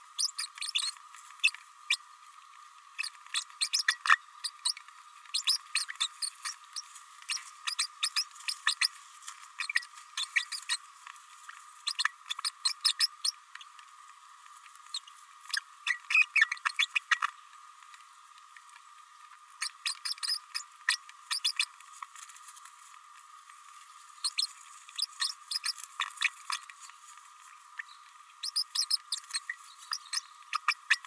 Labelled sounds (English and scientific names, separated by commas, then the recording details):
Green-rumped Parrotlet (Forpus passerinus) babbling
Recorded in a nest box in Venezuela
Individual 18B104A5